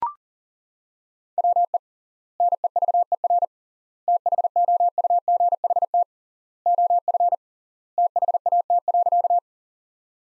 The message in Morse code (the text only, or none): WE NEVER THOUGHT OF THAT.